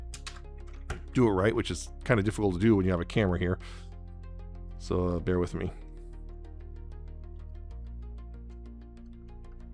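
A plastic toy gun is being handled onto the small nubs on the drum of a Mastermind Creations PS-28 Demolitor transforming robot figure, with its holes pushed toward the nubs to lock it in place. Short sharp handling taps come near 0.1 s, 0.3 s and 0.9 s while someone talks over a steady musical background. Nothing has seated or clicked yet; the part is not yet home when the clip ends.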